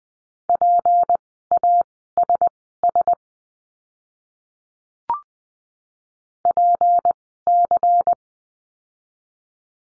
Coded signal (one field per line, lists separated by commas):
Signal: Morse code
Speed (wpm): 20 wpm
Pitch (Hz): 700 Hz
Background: none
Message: PASS PC